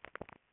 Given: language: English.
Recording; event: throat vibration sensor signal played as sound; swallow